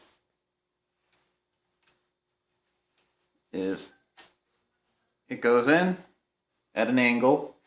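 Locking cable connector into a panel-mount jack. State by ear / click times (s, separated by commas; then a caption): not seated / none. A twist-lock cable connector is handled at an angle against a panel-mount jack, with faint small ticks around 1.1 s and 3.0 s while someone talks. Nothing has seated or clicked into place yet.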